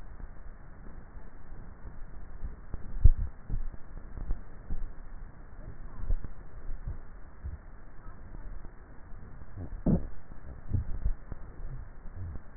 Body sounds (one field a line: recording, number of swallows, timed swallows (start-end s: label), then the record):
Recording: swallowing sounds by neck microphone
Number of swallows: 4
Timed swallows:
3.08-3.68 s: swallow
4.35-5.02 s: swallow
6.22-6.82 s: swallow
11.12-12.02 s: swallow
From the record:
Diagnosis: dysphagia